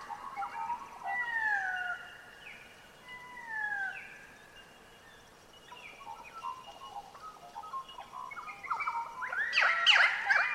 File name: bees and pied currawongs birds in eucalypt forest